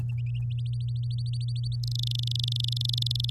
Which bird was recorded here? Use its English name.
Domestic Canary